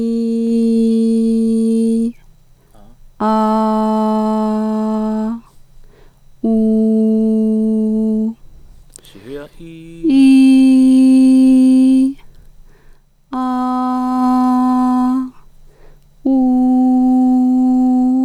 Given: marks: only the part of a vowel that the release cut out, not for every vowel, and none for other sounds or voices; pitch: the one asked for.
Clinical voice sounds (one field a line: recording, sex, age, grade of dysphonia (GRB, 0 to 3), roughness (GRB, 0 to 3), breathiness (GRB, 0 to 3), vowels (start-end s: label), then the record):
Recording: sustained vowels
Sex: female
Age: 40 to 49 years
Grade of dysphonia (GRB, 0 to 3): 1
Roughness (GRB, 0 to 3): 1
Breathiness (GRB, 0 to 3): 0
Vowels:
0.00-1.96 s: vowel /i/, normal pitch
3.28-5.19 s: vowel /a/, normal pitch
6.53-8.18 s: vowel /u/, normal pitch
10.18-11.99 s: vowel /i/, high pitch
13.40-15.03 s: vowel /a/, high pitch
16.35-18.03 s: vowel /u/, high pitch
From the record:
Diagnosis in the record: healthy voice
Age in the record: 45 years